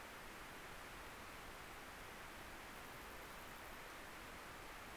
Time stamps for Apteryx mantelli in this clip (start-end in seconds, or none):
none